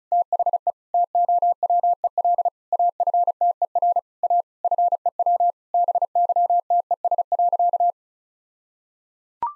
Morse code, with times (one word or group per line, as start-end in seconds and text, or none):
0.1-0.7 THE
0.9-2.5 TOWEL
2.7-4.0 AFTER
4.2-4.4 A
4.6-5.5 FEW
5.7-7.9 BYTES.